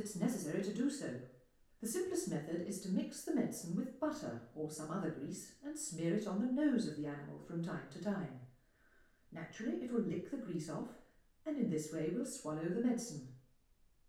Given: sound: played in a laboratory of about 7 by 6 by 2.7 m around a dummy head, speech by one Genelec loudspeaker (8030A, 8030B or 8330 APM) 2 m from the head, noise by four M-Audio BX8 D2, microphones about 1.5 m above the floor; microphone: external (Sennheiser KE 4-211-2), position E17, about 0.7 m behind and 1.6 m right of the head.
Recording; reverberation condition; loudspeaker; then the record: female speech in English; medium; behind (180 degrees)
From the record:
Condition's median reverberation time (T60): about 510 ms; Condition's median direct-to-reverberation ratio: about -0.5 dB